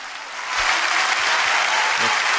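Audience applause at the Teatro Colón swells quickly after a brief quiet start, becoming a steady, dense wash of many hands clapping at high volume with no pause, applause for someone celebrating a birthday.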